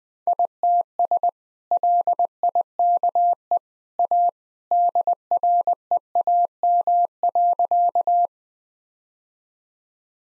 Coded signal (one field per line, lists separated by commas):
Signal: Morse code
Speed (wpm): 20 wpm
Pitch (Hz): 700 Hz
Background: none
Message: ITS LIKE A DREAM.